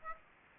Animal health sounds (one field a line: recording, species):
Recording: mosquito wingbeat signal from an infrared sensor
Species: Aedes aegypti